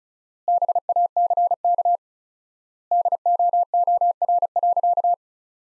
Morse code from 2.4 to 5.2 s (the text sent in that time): DOOR.